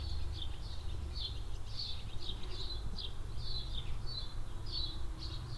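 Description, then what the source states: Swallows twittering in a steady run of short, chirpy high notes through the whole stretch, over a low rumble of wind. Swallows flying under a shed roof in a barn yard at the village centre, Hoscheid; mellow wind; early afternoon in spring.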